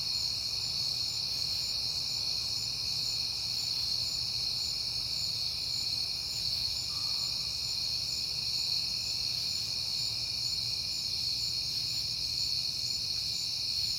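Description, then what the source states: Cricket chorus of constant high trilling, with a brief faint mid-pitched note near the middle and a low hum beneath. Crickets recorded at night in September on a peaceful night.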